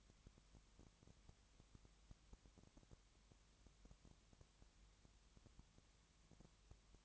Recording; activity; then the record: daily activity, microphone in the room; no activity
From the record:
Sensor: 3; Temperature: 20.6 degrees Celsius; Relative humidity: 34.7%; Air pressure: 1007.2 hPa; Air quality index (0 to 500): 136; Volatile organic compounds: 3 ppm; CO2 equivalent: 1519 ppm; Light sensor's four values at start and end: 2/3/2/2 and 2/3/2/2